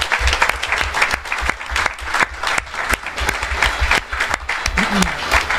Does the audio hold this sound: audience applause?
yes